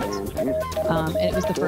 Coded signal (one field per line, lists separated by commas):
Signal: Morse code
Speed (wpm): 25 wpm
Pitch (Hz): 630 Hz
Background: speech, music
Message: ASD